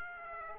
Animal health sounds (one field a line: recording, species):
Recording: mosquito wingbeat signal from an infrared sensor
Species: Aedes aegypti